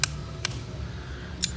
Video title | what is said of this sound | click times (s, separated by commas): Glock Assembly G23 | until it clicks okay | 0.0 s